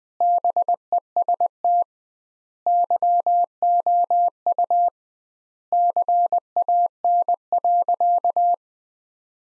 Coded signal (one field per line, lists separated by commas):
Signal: Morse code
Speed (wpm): 21 wpm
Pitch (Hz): 700 Hz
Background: none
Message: BEST YOU CAN.